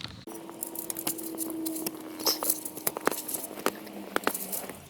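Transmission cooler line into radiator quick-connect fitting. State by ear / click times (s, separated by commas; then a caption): seated / 3.1 s. A metal transmission cooler line, fitted with a new O-ring and retaining clip, is pushed into its quick-connect fitting on the radiator. Rustling and scraping handling noise is followed by a series of sharp metallic ticks, with the line clicking into place at 3.1 s. The retaining clip is in place and the line is seated nice and tight.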